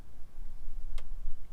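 On a 100 series Land Cruiser (Lexus LX470), the plastic screw of the driver-side harness plug is tightened again into the instrument cluster to demonstrate its click. A single sharp click sounds at 0.98 s over low background rumble, confirming the screw has reached torque again on the repeat.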